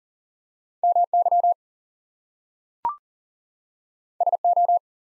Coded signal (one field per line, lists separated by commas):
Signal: Morse code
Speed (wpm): 40 wpm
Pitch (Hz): 700 Hz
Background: none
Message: MY SO